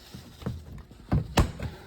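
An inner door trim panel on a 2012-2017 Toyota Camry driver side door is pulled by hand along its bottom edge, during a mirror replacement, until its plastic retaining clips let go of the metal door. Faint scrapes and knocks lead to two sharp pops at 1.1 s and 1.4 s, the second one louder. The clips are popped out and the panel is released.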